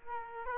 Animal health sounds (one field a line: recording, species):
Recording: mosquito wingbeat signal from an infrared sensor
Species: Aedes aegypti